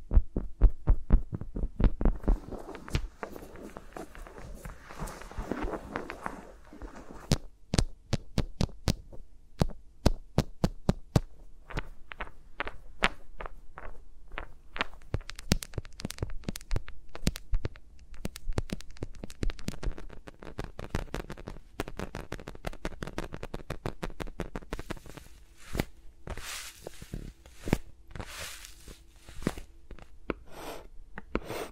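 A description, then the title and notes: Fingers tap and brush around microphones, with no talking. Quick bursts of crisp taps crowd the first few seconds, then thin out into sparser, uneven knocks, and the last several seconds bring dense, bright clicking and scratching over a faint low hum. ASMR with Mics Around My Fingers (No Talking).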